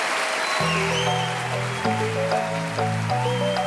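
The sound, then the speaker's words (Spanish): Steady crackling applause from an audience after a live Latin jazz performance recorded in 2011, with sustained low instrumental chords that shift a few times underneath the clapping. “El aplauso más que merecido.”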